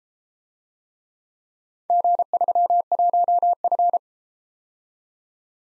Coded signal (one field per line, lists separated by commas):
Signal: Morse code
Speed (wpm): 33 wpm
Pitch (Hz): 700 Hz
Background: none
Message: G31F